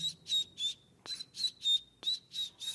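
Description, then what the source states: Wing-snapping cisticola calling with a steady series of high, thin whistled notes in groups of three, with a brief snapping click between groups. Heard at a vulture hide near Underberg, Southern Drakensberg; calls repetitively, on and on all day long.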